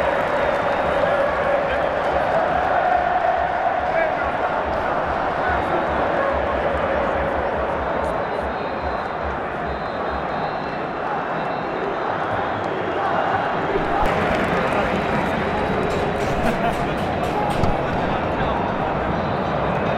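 A live football crowd at Wembley keeps up a dense, steady roar of many voices for the whole stretch, with chanting tones weaving through. Around fourteen seconds the sound brightens, and sharp hiss-like bursts such as whistles or claps flick through until the end.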